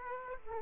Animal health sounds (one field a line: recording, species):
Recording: mosquito wingbeat signal from an infrared sensor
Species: Aedes aegypti